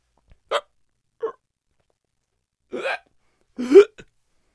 Male Hiccups And Choke.